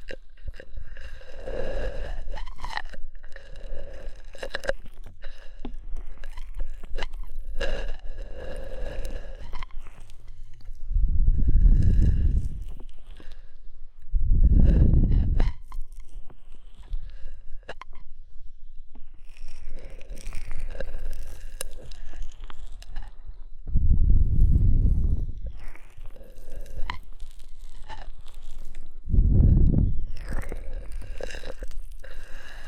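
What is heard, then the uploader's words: Ear massage with oil and foam: squelchy, crackly rubbing in bursts, broken by deep muffled rumbling swells near 12, 15, 25 and 30 seconds. ASMR Oil, Foam and Tingly Ear Massage.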